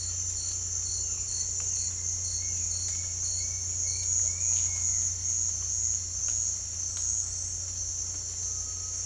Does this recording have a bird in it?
no